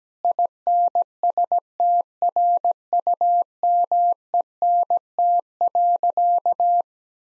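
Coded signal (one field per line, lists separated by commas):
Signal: Morse code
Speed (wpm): 17 wpm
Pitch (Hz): 700 Hz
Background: none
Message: INSTRUMENT.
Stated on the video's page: Morse practice sentences at 17 wpm with contextual hints.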